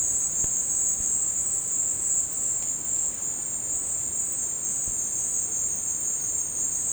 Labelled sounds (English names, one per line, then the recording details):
none
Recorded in dense forest near Puerto Asís, Putumayo, Colombia, on 22 December 2024 at 17:00
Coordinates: 0.466, -76.327
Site G075